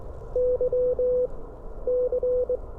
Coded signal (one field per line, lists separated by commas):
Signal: Morse code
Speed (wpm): 19 wpm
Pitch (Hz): 500 Hz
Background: none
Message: Y C